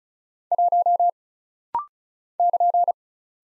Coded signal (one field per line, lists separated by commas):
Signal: Morse code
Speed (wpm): 36 wpm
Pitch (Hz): 700 Hz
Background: none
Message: 1 <KN>